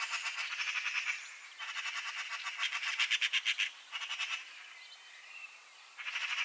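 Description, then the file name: Eurasian magpie rattling chatter, dry rapid chak notes in several bursts separated by pauses. "Pica pica"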